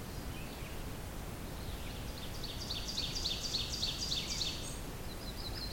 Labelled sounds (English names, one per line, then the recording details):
Ovenbird song
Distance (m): 45 m
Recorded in boreal forest in Alberta, Canada, on 28 June 2016 at 06:31
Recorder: SongMeter 3, array SBT-6-79
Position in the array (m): 20 m, 143 m
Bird 40